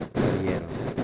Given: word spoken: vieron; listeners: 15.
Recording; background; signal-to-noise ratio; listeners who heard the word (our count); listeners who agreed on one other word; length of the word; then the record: one Spanish word in noise, from a listening test; noise modulated by three-talker babble; -5.6 dB; 0 of 15; 7 of 15; 0.64 s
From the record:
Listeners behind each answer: 7, 2, 2, 1, 1, 1, 1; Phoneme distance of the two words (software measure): 24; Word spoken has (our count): 2 syllables, 6 phonemes, stress on syllable 1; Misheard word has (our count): 2 syllables, 4 phonemes, stress on syllable 1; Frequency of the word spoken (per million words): 29.26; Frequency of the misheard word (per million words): 47.78